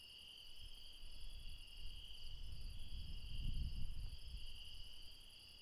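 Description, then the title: Insects sustain a steady high trill as low rumbling noise swells and fades beneath them. Late night in the mountains at Refuge Krevatia, Barbala, Dion, Greece. "Refuge Krevatia, Μπαρμπαλά, Dion 601 00, Greece - Late night mountain insects"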